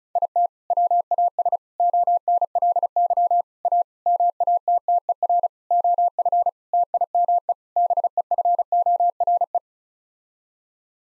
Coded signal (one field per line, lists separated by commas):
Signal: Morse code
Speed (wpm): 34 wpm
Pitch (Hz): 700 Hz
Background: none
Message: IT WAS ONLY A MATTER OF TIME BEFORE